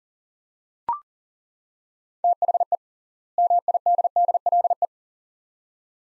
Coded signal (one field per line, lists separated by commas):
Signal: Morse code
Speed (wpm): 39 wpm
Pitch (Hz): 700 Hz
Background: none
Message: THE MIDDLE